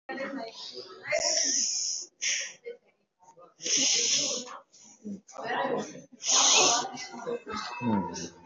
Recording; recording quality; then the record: deep breathing; moderate, slight background noise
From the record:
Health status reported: recovered from COVID-19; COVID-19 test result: positive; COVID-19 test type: RT-PCR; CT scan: not taken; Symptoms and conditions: cough, cold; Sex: male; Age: 40 years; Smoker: no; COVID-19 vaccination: both doses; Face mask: worn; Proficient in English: yes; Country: India